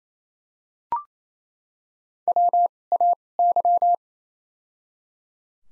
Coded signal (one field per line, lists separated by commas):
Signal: Morse code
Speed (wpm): 28 wpm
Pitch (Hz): 700 Hz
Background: none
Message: W A Y